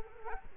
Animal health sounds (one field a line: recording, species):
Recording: mosquito wingbeat signal from an infrared sensor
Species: Culex quinquefasciatus